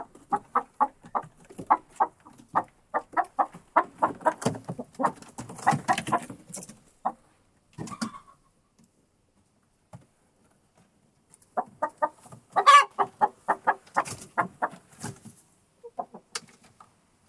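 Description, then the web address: Chicken clucking, a long steady run of short clucks, a pause, then another burst with one loud squawk. Hen in a henhouse. "monde des sons poule dans le poulailler"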